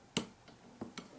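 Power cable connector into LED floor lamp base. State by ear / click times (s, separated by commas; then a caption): seated / 0.2 s. A power cable connector is clipped into the socket in the base of a metal Superloon LED floor lamp, giving a sharp, loud snap at 0.2 s as it seats. Fainter handling taps follow around 0.5 s and 0.8 s, with another short, crisp click at 1.0 s.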